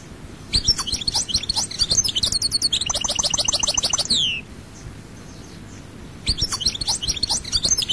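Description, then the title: European goldfinch song: a long, lively phrase of twitters with a repeated buzzy trill and a descending whistled note, then a quiet pause and a further burst. "Chant Chardonneret"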